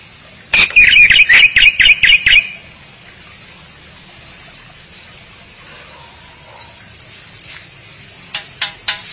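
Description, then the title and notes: Starling or myna giving a rapid series of about eight loud, harsh notes in two seconds, then silence before a few more harsh notes at the end. "suara burung jalak"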